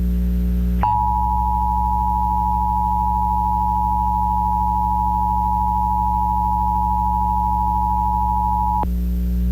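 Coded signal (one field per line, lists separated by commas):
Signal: Emergency Alert System (SAME) tones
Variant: 853 and 960 Hz attention tone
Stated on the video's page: Monthly test tones received off Pennsylvania FM, AM and TV stations, one also captured from a line-out recording.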